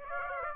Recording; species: mosquito wingbeat signal from an infrared sensor; Aedes aegypti